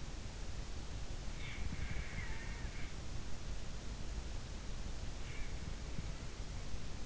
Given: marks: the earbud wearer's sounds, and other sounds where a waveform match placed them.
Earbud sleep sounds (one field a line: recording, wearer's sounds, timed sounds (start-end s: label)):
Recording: sounds in sleep by an in-ear microphone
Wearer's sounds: snoring breath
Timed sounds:
1.67-2.58 s: snoring breath